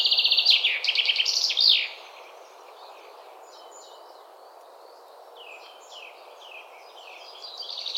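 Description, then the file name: Common chaffinch song: a loud, rapid series of high trilled notes ending with a flourish within the first two seconds, then only faint bird calls over a steady background hiss. "Fringilla coelebs"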